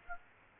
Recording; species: mosquito wingbeat signal from an infrared sensor; Aedes aegypti